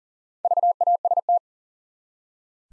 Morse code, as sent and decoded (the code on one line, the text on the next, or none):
...- .- ... -
VAST